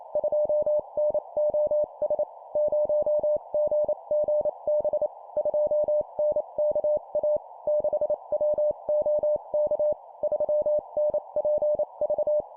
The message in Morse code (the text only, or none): 2NOS 0GGB 2NKA 6WOK 3NPV